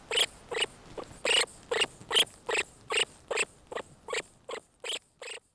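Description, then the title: Norway lemming calls: a steady series of over a dozen short, shrill squeaks, roughly two or three per second, softening slightly toward the end. "Viikon luontoääni: Tunturisopuli"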